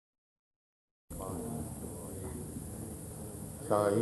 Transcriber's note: some distortion